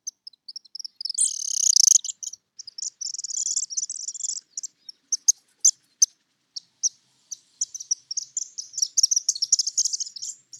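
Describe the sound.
White-throated needletail giving high, thin twittering calls in irregular bursts of chips, with a longer buzzy trill near the start and a denser chatter toward the end.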